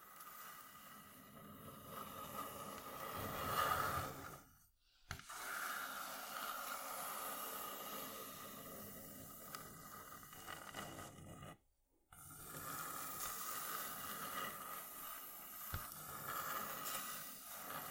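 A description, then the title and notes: Continuous rubbing and scratching on wood makes a dense, hissy, rumbling texture that swells around four seconds and breaks off briefly near five and twelve seconds. ASMR Wooden Triggers 1hour（No Talking）.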